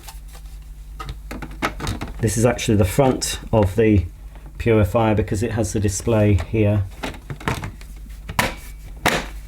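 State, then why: Seated. An air filter is fitted into the front of a Dyson Hot & Cool Formaldehyde air purifier housing, with light handling knocks around 1.0–2.0 s and 7.3–7.6 s while someone talks. A loud, sharp click at 8.4 s marks the filter seating into place in the purifier body.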